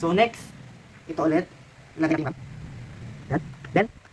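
A second RAM module is handled and pushed toward its motherboard memory slot while someone talks. There are short bursts of speech with quiet handling between them. Nothing has seated or clicked yet.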